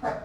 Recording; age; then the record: pig call; growing-finishing pig (85 days or more)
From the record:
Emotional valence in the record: positive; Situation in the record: run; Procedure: transit